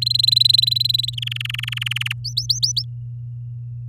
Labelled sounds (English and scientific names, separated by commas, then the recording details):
Domestic Canary (Serinus canaria) song
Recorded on 11 May 2018 at 05:37
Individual llb16